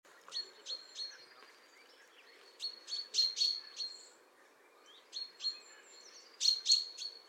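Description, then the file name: Chaffinch calls: brief bright chirps in loose groups separated by short pauses. "Fringilla coelebs"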